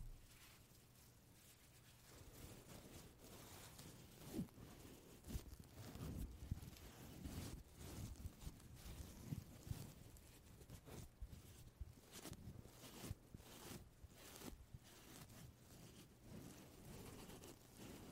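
Soft, breathy puffs of air come in irregular bursts, sparse for the first two seconds and then crowding together, with many short blasts after the ten-second mark. A low, steady hum and rumble run underneath throughout. No voices are heard.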